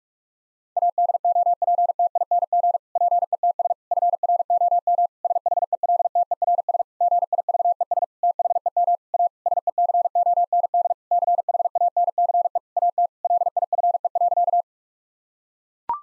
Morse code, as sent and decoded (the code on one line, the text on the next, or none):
.- -.. --- .--. - .. -. --. / .--. . - ... / ..-. .-. --- -- / ... .... . .-.. - . .-. ... / --. .. ...- . ... / - .... . -- / .- / ... . -.-. --- -. -.. / -.-. .... .- -. -.-. . / .- - / .-.. .. ..-. . .-.-.-
ADOPTING PETS FROM SHELTERS GIVES THEM A SECOND CHANCE AT LIFE.